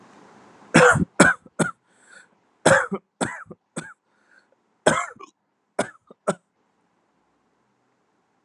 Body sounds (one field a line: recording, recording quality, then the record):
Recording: shallow voluntary cough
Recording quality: excellent, no background noise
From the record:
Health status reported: healthy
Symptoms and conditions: none ticked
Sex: male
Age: 28 years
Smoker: not ticked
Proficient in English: yes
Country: India